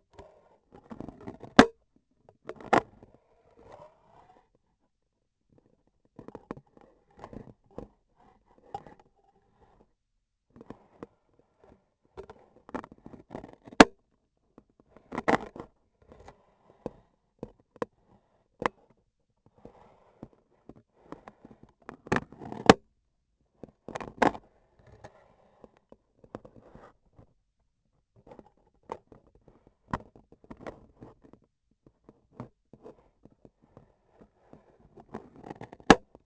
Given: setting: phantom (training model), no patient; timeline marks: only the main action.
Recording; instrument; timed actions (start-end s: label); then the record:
laparoscopic instrument, vibration sensor on the handle end; scissors
0.65-1.88 s: cutting foam
13.26-14.05 s: cutting foam
22.24-22.91 s: cutting foam
35.27-36.26 s: cutting foam
From the record:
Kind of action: gesture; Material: foam